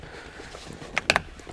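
A short shifter component from a short shift kit is pushed down into the shifter assembly of a Porsche 944. Over quiet background noise, a few sharp clicks are heard at about 1.0, 1.1 and 1.2 seconds. The part snaps into place at 1.1 seconds and is seated.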